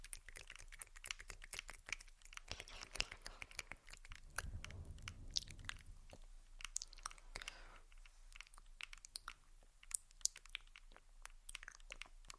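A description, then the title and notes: Soft mouth sounds fill the clip with quick, crisp clicks and wet smacks, dense and irregular, like slow chewing or crunching. Around four to six seconds a low, muffled rumble swells beneath them. Sharp taps and pops recur throughout. ASMR Subtle Mouth Sounds + Tapping On Tascam.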